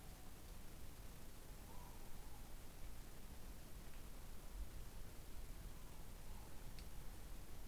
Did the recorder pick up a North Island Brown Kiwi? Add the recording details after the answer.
no. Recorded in New Zealand on 14 December 2015. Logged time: 00:43. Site CG68